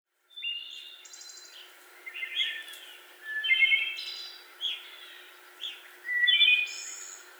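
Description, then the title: Wood thrush singing several separate fluty phrases, some ending in a high shimmering trill. Recorded on 25 May 2021. "2021-05-25 Wood Thrush"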